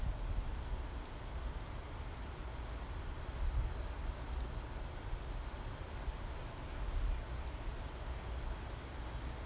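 Cicada buzzing song, a continuous high pulsing drone throughout with steady rapid pulses, over low rumbling background noise.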